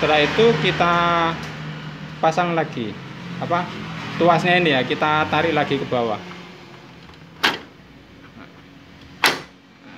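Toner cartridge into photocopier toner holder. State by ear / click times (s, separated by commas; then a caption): seated / 9.2 s. A refilled toner cartridge is refitted into the toner holder of a Canon iR3245 photocopier, and its retaining lever is pulled down to the locked position. Someone talks for the first six seconds or so, and a sharp click at 7.4 s is followed by the lever clicking home at 9.2 s. The lever is now down and the cartridge is seated.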